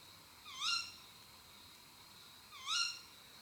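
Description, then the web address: Tawny owl calling twice, harsh upward-sweeping then dropping screeches about two seconds apart, with a steady high background whine. Female. "rapaci notturni canto verso femmina allocco strix aluco tawny owl waldkauz carabo comun chouette hulotte"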